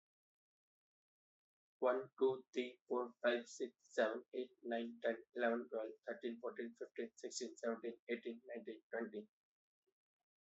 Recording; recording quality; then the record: counting at a fast pace; excellent, no background noise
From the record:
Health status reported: healthy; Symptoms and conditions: none ticked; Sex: male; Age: 30 years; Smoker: not ticked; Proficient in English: yes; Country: India